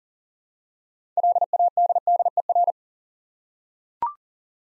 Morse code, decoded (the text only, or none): LADDER